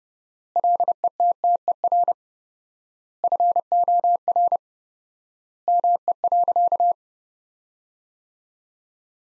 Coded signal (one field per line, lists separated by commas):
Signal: Morse code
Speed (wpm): 32 wpm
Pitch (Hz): 700 Hz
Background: none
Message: LETTER FOR ME.